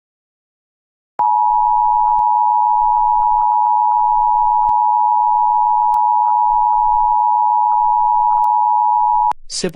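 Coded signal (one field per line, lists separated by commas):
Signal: Emergency Alert System (SAME) tones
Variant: 853 and 960 Hz attention tone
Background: speech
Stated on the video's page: Fictional EAS scenario.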